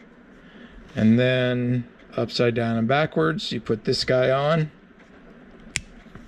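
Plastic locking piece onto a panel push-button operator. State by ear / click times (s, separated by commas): seated / 5.8 s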